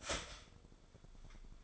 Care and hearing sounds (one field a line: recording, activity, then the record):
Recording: daily activity, microphone in the room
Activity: start toaster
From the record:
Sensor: 5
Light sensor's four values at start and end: 15/35/13/12 and 15/35/13/12